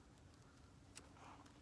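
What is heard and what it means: The night latch on a steel foothold trap is set so the pan sits level with the jaws. A faint, sharp click is heard at 1.0 s over a low background. The latch clicks into place and the trap is ready.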